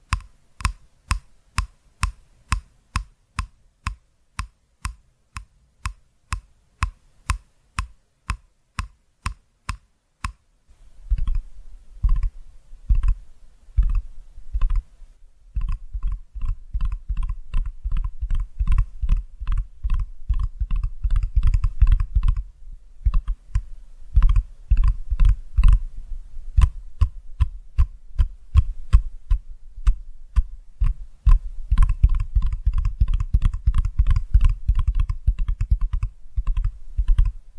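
Tapping sounds, starting with about ten seconds of sharp, evenly spaced clicks at a steady pace with silence between them. After that, heavier thumping taps with a low, muffled body take over, coming quickly and densely in uneven bursts, with brief pauses, through to the end.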